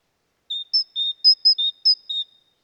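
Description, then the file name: Great tit song of clear whistled notes alternating between two pitches in a quick rhythm, against a silent background. "Parus major"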